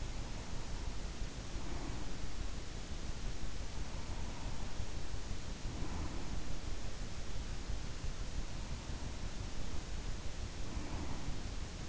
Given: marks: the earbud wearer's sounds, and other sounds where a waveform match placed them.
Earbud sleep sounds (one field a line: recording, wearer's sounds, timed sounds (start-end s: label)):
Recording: sounds in sleep by an in-ear microphone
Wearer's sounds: breath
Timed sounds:
0.00-2.92 s: breath
3.76-6.57 s: breath
8.35-11.89 s: breath